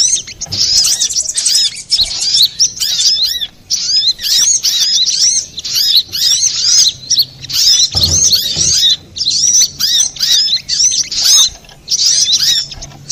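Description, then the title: Little spiderhunter singing a rapid, shrill twittering stream of looping notes in short bursts, with a couple of soft low thumps. Master recording used for training cage birds. "Sogok Ontong Labaik"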